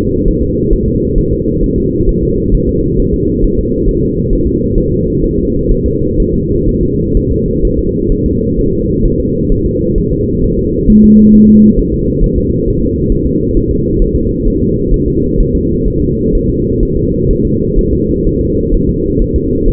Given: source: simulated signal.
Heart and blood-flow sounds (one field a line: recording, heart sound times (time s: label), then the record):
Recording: fetal heart sounds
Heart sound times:
0.28 s: S1
0.42 s: S2
0.73 s: S1
0.88 s: S2
1.18 s: S1
1.33 s: S2
1.63 s: S1
1.78 s: S2
2.09 s: S1
2.23 s: S2
2.54 s: S1
2.69 s: S2
3.00 s: S1
3.14 s: S2
3.44 s: S1
3.59 s: S2
3.89 s: S1
4.03 s: S2
4.33 s: S1
4.47 s: S2
4.78 s: S1
4.92 s: S2
5.24 s: S1
5.38 s: S2
5.71 s: S1
5.86 s: S2
6.20 s: S1
6.34 s: S2
6.69 s: S1
6.83 s: S2
7.17 s: S1
7.31 s: S2
7.65 s: S1
7.79 s: S2
8.12 s: S1
8.26 s: S2
8.59 s: S1
8.73 s: S2
9.05 s: S1
9.20 s: S2
9.52 s: S1
9.66 s: S2
9.98 s: S1
10.13 s: S2
10.44 s: S1
10.59 s: S2
10.90 s: S1
11.04 s: S2
11.35 s: S1
11.49 s: S2
11.79 s: S1
11.94 s: S2
12.24 s: S1
12.38 s: S2
12.68 s: S1
12.82 s: S2
13.12 s: S1
13.27 s: S2
13.57 s: S1
13.71 s: S2
14.02 s: S1
14.16 s: S2
14.48 s: S1
14.62 s: S2
14.94 s: S1
15.08 s: S2
15.41 s: S1
15.55 s: S2
15.88 s: S1
16.02 s: S2
16.35 s: S1
16.49 s: S2
16.83 s: S1
16.97 s: S2
17.31 s: S1
17.45 s: S2
17.79 s: S1
17.93 s: S2
18.27 s: S1
18.41 s: S2
18.74 s: S1
18.89 s: S2
19.22 s: S1
19.36 s: S2
19.69 s: S1
From the record:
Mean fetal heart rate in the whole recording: 130 bpm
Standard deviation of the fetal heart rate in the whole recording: 4 bpm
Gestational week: 38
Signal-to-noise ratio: -10.2 dB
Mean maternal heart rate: 72 bpm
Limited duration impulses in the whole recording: present